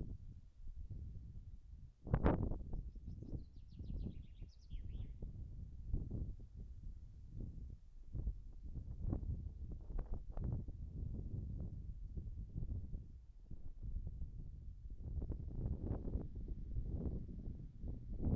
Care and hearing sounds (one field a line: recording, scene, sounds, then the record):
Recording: everyday scene through a hearing-aid microphone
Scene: wind on the microphone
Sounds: wind, birds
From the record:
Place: in front of a rural house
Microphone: behind the ear, right, rear